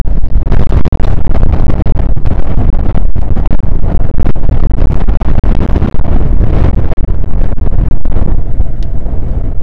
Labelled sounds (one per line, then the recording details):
wind
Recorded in the Prudhoe Bay oil fields, Alaska, on 1 August 2019 at 02:04
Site 29